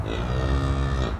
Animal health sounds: contact call of a hoofed animal; cattle; low-frequency (closed-mouth) or high-frequency (open-mouth) call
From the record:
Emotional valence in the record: positive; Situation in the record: visual reunion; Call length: 1.20 s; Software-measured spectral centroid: 1630 Hz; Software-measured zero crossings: 1060 a second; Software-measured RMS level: -24 dBFS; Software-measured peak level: -11 dBFS

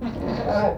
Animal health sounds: contact call of a hoofed animal; goat; low-frequency (closed-mouth) or high-frequency (open-mouth) call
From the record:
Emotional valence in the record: positive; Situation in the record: food anticipation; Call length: 0.78 s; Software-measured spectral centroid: 1250 Hz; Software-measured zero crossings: 1080 a second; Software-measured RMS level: -24 dBFS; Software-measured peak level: -9 dBFS

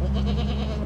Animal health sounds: contact call of a hoofed animal; goat; low-frequency (closed-mouth) or high-frequency (open-mouth) call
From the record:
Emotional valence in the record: negative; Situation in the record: short social isolation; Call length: 0.86 s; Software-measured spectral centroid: 1680 Hz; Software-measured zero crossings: 580 a second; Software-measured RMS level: -24 dBFS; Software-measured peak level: -14 dBFS

